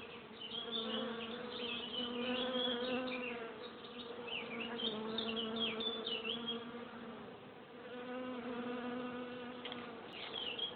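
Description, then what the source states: Bees buzzing, a steady humming drone that swells and fades in waves. Recorded in Ancy.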